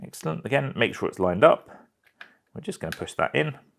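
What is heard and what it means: A second RAM module is being lined up and pushed into its memory slot on the logic board of a 2018 Apple Mac mini, during an upgrade from 16GB to 64GB. Someone talks throughout, with a pause in the middle. Nothing has seated or clicked yet by the end of the clip.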